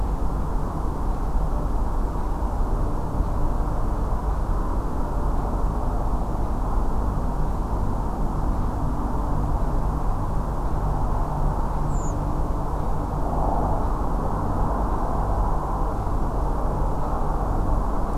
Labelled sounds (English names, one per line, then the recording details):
Redwing
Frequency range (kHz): Redwing 6.0-8.3 kHz
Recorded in France